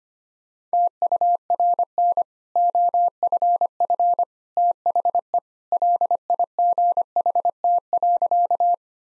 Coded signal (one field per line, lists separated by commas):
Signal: Morse code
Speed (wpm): 25 wpm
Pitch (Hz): 700 Hz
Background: none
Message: TURN OFF THE LIGHT.